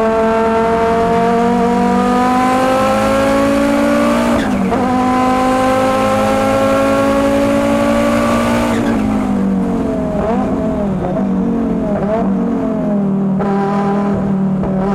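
A five-cylinder race engine screams from inside the car, its pitch climbing steadily through long pulls with sharp drops at gear changes around 4.5 and 9 seconds. After that the revs waver and dip repeatedly as the driver lifts and reapplies throttle, loud and close throughout.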